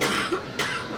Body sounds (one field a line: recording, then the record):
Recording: coughing mixed with background sound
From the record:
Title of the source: 64 coughing, allergies, singing lungs